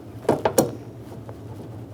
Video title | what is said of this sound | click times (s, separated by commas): How to Replace Wiper Blades 1994-2001 Dodge Ram 1500 | Bring it up, and you're going to hear a click. | 0.5 s, 0.6 s